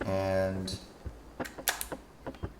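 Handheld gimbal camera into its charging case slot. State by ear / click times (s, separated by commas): seated / 1.7 s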